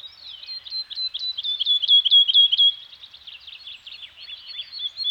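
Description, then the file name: Bird song: a rapid series of high chirps that builds and then fades into softer twitters. Scandinavian forest soundscape with birds singing. "Nature Soundscape - Scandinavian Forest Environment with Birds Singing"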